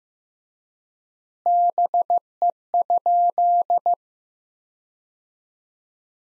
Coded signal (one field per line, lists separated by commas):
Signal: Morse code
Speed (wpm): 15 wpm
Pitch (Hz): 700 Hz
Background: none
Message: BE?